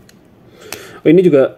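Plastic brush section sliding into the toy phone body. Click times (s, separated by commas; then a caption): 0.7 s. A plastic brush section is pushed into the body of a Bandai Shokugan Shinkenger Shodophone, a candy-toy transformation phone, to return it to brush mode. A faint tick at 0.1 s comes before a sharp click at 0.7 s as the brush bottoms out and locks in place so it will not slide back. Someone then talks.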